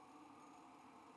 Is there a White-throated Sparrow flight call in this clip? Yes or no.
no